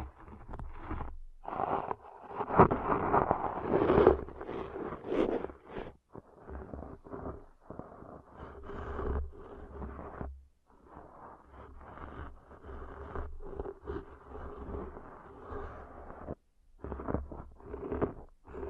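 Deep ear cleaning sounds, made of rough scraping and crackling rustles that come in uneven bursts separated by brief silences. The loudest, busiest scraping falls in the first few seconds, then settles into steadier, softer rubbing over a low rumble.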